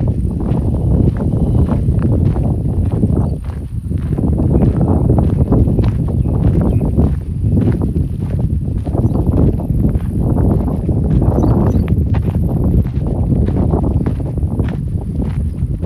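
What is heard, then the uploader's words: Footsteps walking in Modiin, Israel, with a steady low rumble underneath throughout. Short, fairly regular step sounds land about once or twice a second, with a brief dip in loudness near the four-second mark before the pace resumes. City Park Sounds. Walking In Modiin, Israel.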